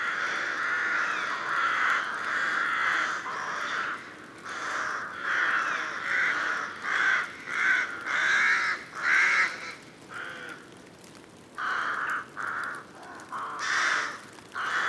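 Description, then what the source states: Rooks cawing harshly and repeatedly throughout, several birds overlapping, with brief lulls and a patter of rain behind. In local woods forming part of a park, in changeable weather with rain pattering on the leaves; rooks were hoped for that day.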